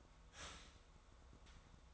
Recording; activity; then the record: daily activity, microphone in the room; start toaster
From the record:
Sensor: 3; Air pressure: 1004.2 hPa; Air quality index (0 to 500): 201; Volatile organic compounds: 15 ppm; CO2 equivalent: 2517 ppm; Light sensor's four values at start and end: 4/11/4/4 and 4/11/4/4